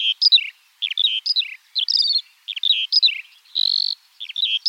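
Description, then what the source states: Eurasian skylark singing quick clusters of high chirping notes with a short buzzy trill, phrases coming in fast bursts. In flight.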